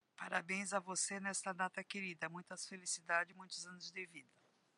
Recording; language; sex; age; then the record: short text; Brazilian Portuguese; female; 50 to 59 years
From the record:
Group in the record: control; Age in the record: 59 years